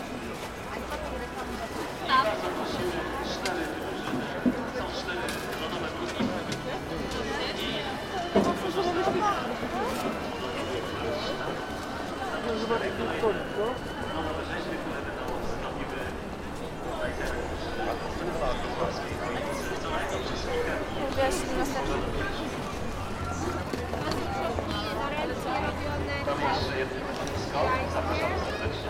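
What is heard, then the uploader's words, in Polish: A dense crowd murmurs without pause at the Christmas market in Wrocław, many overlapping voices blending into a steady babble. Loudness stays even throughout, with occasional clearer words, brief laughs or clinks popping out, and a low rumble appearing in short bursts. Jarmark Bożonarodzeniowy we Wrocławiu. Lokalizacja: Stare Miasto, Rynek. Czas: 16:53. Rekorder, mikrofon: sony pcm d50. Wielotysięczny gwar.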